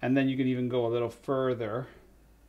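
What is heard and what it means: Someone talks while the folding bed of a Linhof Technika 4x5 large format camera is extended further toward its next detent stop. The voice fills most of the clip and fades to near silence by the end. Nothing has seated or clicked yet.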